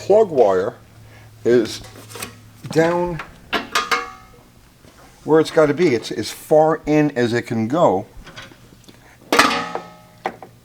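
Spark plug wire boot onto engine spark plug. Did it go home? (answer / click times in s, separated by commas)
no / none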